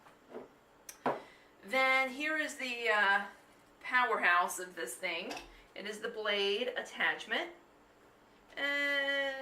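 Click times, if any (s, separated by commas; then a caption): none. Someone talks while handling a juicer's blade attachment near the juicer base, with two brief sharp knocks around 0.9 and 1.1 seconds before the talking. The blade attachment has not yet been pushed onto the base, and nothing has seated or clicked yet.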